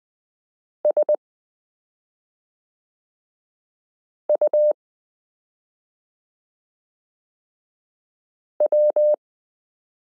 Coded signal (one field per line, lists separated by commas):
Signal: Morse code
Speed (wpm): 20 wpm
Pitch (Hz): 600 Hz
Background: none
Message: SU W